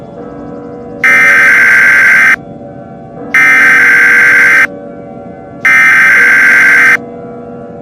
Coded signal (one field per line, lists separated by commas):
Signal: Emergency Alert System (SAME) tones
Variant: header bursts